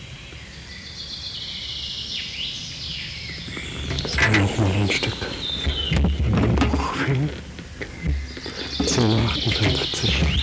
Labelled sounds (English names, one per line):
Common Chaffinch song